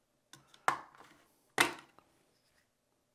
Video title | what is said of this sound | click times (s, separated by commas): Creality "Hi Combo" Unboxing & Assembly - EVERY-SINGLE-STEP : Multicolor 3D Printer | To remove this door, simply place your finger under the corner and pop it off. | 0.7 s